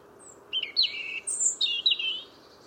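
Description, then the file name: European robin giving a short run of thin, high, warbled notes that slide up and down in quick twittering phrases, with faint background hiss. "Erithacus rubecula"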